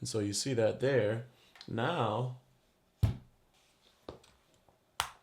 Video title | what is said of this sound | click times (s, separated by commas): Photographers & Filmmakers NEED This! Tilta Khronos Ultimate iPhone Kit Review | there we go so that's snapped in place you can see that snapped in place there | 5.0 s